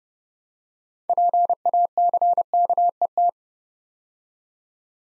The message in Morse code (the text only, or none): PACKET